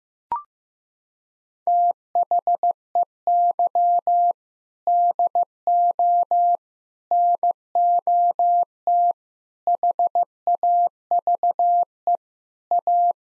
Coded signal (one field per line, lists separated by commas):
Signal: Morse code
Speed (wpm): 15 wpm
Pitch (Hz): 700 Hz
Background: none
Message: THEY DO NOT HAVE A